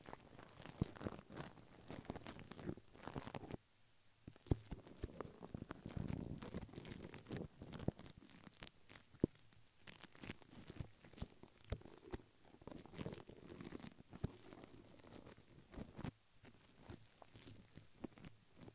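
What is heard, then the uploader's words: Crinkling and brushing on plastic, paper and similar materials make a dense, irregular stream of crackly rustles and sharp taps. A few brief pauses break it, near four seconds and again around sixteen, and each is followed by renewed scratchy handling. Crinkles, Plastic, Brush, Silicone, Glass, Paper.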